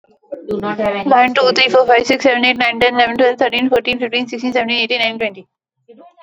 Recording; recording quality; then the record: counting at a fast pace; excellent, no background noise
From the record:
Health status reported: healthy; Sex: female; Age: 28 years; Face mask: not worn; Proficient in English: yes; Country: India